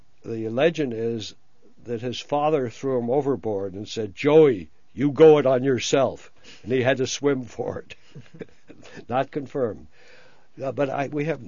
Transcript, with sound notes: the legend is that his father threw him overboard and said, "Joey, you go it on yourself," and he had to swim for it. (he laughs) Not confirmed. But I